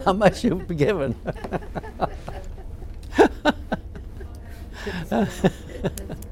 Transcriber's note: they laugh